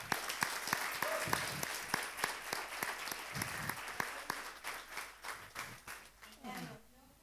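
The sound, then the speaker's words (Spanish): At a certificate presentation, an audience breaks into steady applause, a dense wash of clapping punctuated by a few sharp, louder claps, which gradually thins and fades in the final seconds as faint voices emerge. “Damos un aplauso a los que van.”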